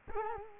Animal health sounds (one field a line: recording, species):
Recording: mosquito wingbeat signal from an infrared sensor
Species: Culex quinquefasciatus